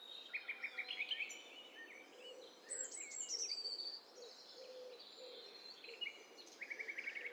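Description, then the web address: Overlapping bird songs: quick repeated chirp series, high thin whistles and brief trills from several birds at once, with a constant hiss beneath. Overlapping mix of several birds, from a stereo bird cocktail party test set. "Hi Fi STEREO BIRD COCKTAIL PARTY Challenge SBCP TESTSET HDBird Cocktail Party"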